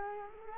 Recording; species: mosquito wingbeat signal from an infrared sensor; Culex quinquefasciatus